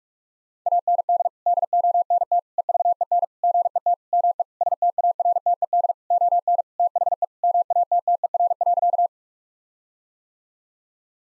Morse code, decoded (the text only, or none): AND DONT EVEN GET ME STARTED ON THE MATTER.